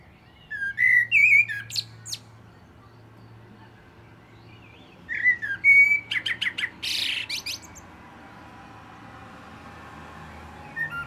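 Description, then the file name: Common blackbird singing: a warbled phrase with a shrill flourish, a pause, then another fluty phrase ending in a rapid scratchy trill. "Turdus merula"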